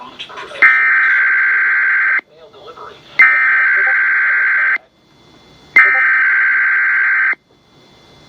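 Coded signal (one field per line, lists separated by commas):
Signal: Emergency Alert System (SAME) tones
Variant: header bursts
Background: speech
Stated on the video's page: Relayed Required Weekly Test from KDKA, including the WAHC/EZ relay.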